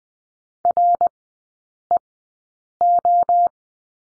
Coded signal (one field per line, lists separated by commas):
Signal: Morse code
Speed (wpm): 20 wpm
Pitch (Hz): 700 Hz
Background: none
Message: REO